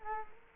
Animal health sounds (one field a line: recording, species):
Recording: mosquito wingbeat signal from an infrared sensor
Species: Culex quinquefasciatus